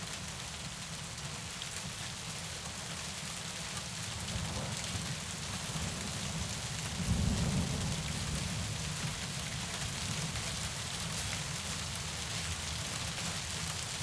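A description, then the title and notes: Heavy rain hisses steadily throughout, with a low rumble of light thunder swelling around the middle and briefly peaking near seven seconds. Heavy Rain and Light Thunder.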